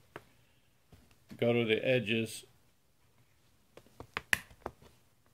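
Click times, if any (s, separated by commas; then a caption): 4.2 s, 4.3 s. Thumbs pry around the edges of the plastic bottom cover of a Lenovo Y700-15ACZ laptop to release its snap clips, opening it to install a Samsung EVO 850 M.2 SSD. Someone talks, then after a few quiet taps, sharp loud snaps ring out at 4.2 s and 4.3 s as the clips pop open and the cover is released.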